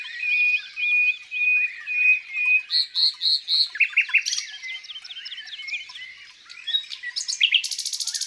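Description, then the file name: Common nightingale song: repeated pure whistled notes, then a series of loud chopped notes, rapid falling slurs and a final high buzzy rattle. Song in the countryside. "Rossignol philomele Chants doiseaux dans la campagne"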